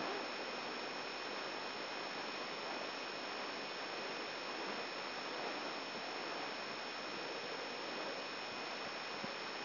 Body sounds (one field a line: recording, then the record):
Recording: brain microelectrode recording played as sound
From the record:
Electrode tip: inside the subthalamic nucleus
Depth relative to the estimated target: 2 mm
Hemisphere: left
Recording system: AlphaMap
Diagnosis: Parkinson's disease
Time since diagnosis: 14 years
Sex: male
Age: 66 years